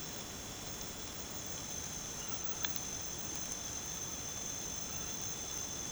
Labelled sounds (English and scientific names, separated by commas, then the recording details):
none
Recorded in pastures near Puerto Asís, Putumayo, Colombia, on 13 March 2025 at 23:00
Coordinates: 0.486, -76.323
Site G075